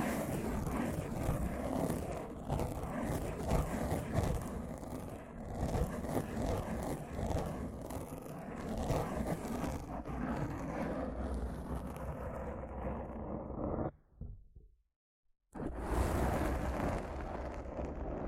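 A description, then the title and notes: Rough scratching and brushing on a microphone, a dense crackling rasp that stops for about a second near fifteen seconds, then resumes. ASMR Rough Mic Scratching & Brushing (No Talking).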